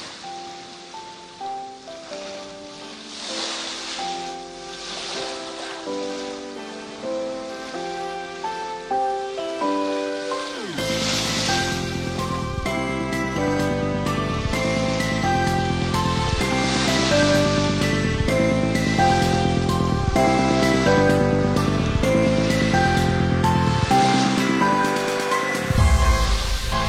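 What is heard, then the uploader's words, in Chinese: Bright electronic music opens with a steady pattern of melodic notes over a soft, hissing wash like surf. Around eleven seconds a deep bass and a regular, punchy beat drop in, making the track fuller and louder until it thins briefly near the end. 3D清爽电音配海浪。来自大自然下雨的声音，来自大海的声音。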